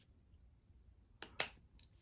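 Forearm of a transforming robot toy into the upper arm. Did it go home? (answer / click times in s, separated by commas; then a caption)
yes / 1.4 s. The plastic forearm of a transforming robot toy is pushed into position in the upper arm. After a quiet start and a small click at 1.2 s, a sharp snap-like hit at 1.4 s marks the forearm snapping into place, followed by a faint tick near 1.8 s.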